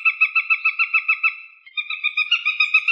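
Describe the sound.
Northern Goshawk call: a rapid, even series of harsh cackling notes, about seven a second, that breaks off briefly and then resumes slightly quieter.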